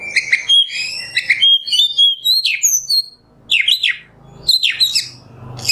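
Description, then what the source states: Oriental magpie-robin song: quick run of piping whistles and flat held notes, then harsh scratchy bursts repeated about once a second. Masteran recording of kacer, the oriental magpie-robin, singing in the 'nembak' song style.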